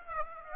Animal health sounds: mosquito wingbeat signal from an infrared sensor; Aedes aegypti

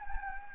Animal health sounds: mosquito wingbeat signal from an infrared sensor; Anopheles gambiae

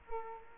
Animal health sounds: mosquito wingbeat signal from an infrared sensor; Culex quinquefasciatus

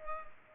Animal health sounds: mosquito wingbeat signal from an infrared sensor; Culex pipiens

